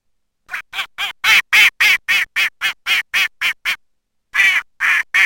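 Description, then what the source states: Mallard quacking in a steady run of loud, harsh quacks about four per second, a brief pause, then three more quacks. Spring.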